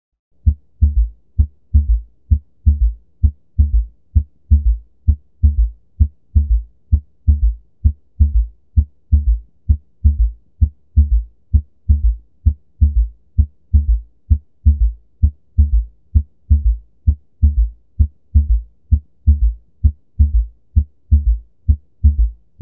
S3 – “ventricular gallop” Occurs in early diastole Occurs during passive LV filling.